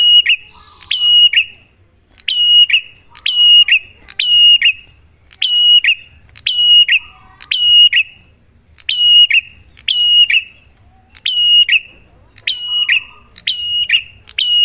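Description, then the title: Prinia giving repeated phrases, a clicking buzz then a piercing whistle falling away, nearly one per second, with a quiet low rumble behind. Lure recording to stimulate prinias to sing, a duet of Cililin versus Kapas Tembak song types. "Masteran Duet Cililin Vs Kapas Tembak. Pancingan Prenjak Gacor"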